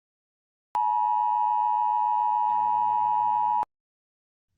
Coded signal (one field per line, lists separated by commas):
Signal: Emergency Alert System (SAME) tones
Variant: 853 and 960 Hz attention tone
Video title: EAS Scenario 2: Helluva Boss Massacre!